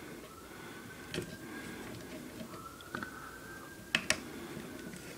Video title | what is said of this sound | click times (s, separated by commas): Grimlock Foc Revue | fait juste clipser comme ça puis | 3.9 s, 4.1 s